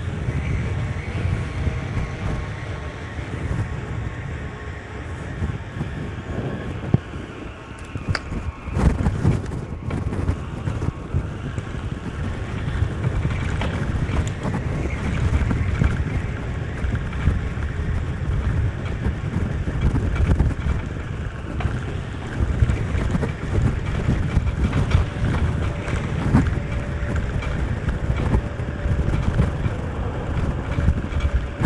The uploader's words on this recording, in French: Vélocypédie nocturnale. Janvier 2009, quelques minutes de vélo dans les rues de Bordeaux.